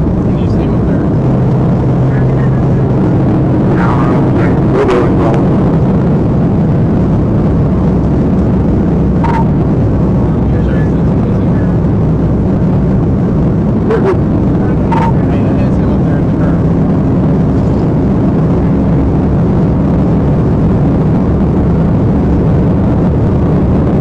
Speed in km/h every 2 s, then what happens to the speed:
167, 171, 174, 171, 166, 163, 166, 171, 180, 182, 187, 195.
0-5 speeds up to 174. 5-11 slows to 163. 11-24 speeds up to 195.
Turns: none.